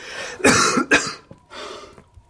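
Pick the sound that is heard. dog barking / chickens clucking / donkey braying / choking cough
choking cough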